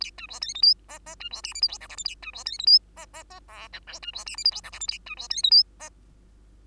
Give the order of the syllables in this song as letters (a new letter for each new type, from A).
A B C D E F G G B C H I J K L M N A B C D E F G G G O P Q B C H I J K L M N A B C D E F G